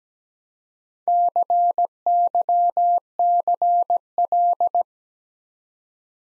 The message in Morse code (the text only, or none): CYCL